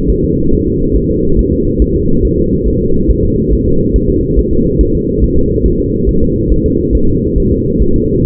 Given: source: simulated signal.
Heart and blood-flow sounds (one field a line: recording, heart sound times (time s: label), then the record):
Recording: fetal heart sounds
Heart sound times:
0.10 s: S1
0.25 s: S2
0.54 s: S1
0.68 s: S2
0.96 s: S1
1.11 s: S2
1.39 s: S1
1.53 s: S2
1.82 s: S1
1.96 s: S2
2.25 s: S1
2.39 s: S2
2.68 s: S1
2.82 s: S2
3.11 s: S1
3.25 s: S2
3.53 s: S1
3.67 s: S2
3.96 s: S1
4.10 s: S2
4.39 s: S1
4.53 s: S2
4.81 s: S1
4.95 s: S2
5.24 s: S1
5.38 s: S2
5.66 s: S1
5.80 s: S2
6.09 s: S1
6.23 s: S2
6.52 s: S1
6.66 s: S2
6.95 s: S1
7.09 s: S2
7.38 s: S1
7.52 s: S2
7.82 s: S1
7.96 s: S2
8.25 s: S1
From the record:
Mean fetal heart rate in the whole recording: 140 bpm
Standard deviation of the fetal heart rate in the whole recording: 2 bpm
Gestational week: 34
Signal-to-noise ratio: -16.4 dB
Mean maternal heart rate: 72 bpm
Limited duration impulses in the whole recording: present